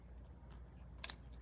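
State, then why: Released. With the timing cover off a 1971 Norton motorcycle engine, a metal part is pulled out of the timing side. Over a low steady hum, a faint tick comes at 0.5 s, then a sharp, bright metallic click at 1.0 s as the part releases and comes free.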